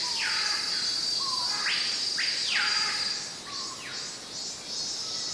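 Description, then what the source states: Cicadas give a continuous shrill buzz that holds steady throughout, overlaid by several arching bird whistles and a few soft, low whistled notes. Cicadas in a forest, heard together with exotic birds.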